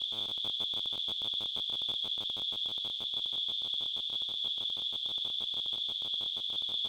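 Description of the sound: Simulated tinnitus: a steady, continuous high-pitched ringing tone centred near 3.5 kHz.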